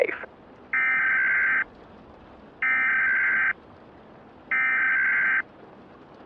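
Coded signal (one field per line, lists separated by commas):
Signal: Emergency Alert System (SAME) tones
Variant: header bursts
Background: speech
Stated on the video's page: Fictional Purge-themed EAS radio ambience.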